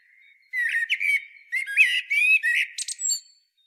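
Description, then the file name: Common blackbird song: rich whistled phrases, warbling and slurred, in two bursts separated by a short pause, closing with thin high squeaks. "Turdus merula"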